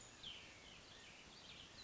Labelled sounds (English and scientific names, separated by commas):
Cassin's Vireo (Vireo cassinii)